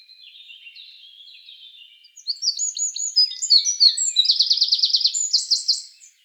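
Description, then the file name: Eurasian wren singing: faint high twittering for two seconds, then a loud, rapid outburst of varied notes with a fast, even trill and a few closing notes. "Troglodytes troglodytes"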